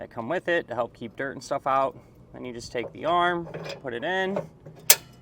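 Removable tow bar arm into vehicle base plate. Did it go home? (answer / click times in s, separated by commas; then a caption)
yes / 4.9 s. A removable steel tow bar arm is put into the receiver of a Blue Ox base plate on a 2024 Jeep Wrangler Unlimited and rotated about a quarter turn until it locks. Someone talks through most of the clip, then a sharp mechanical tick is heard at 4.9 s as the arm locks into place in the base plate.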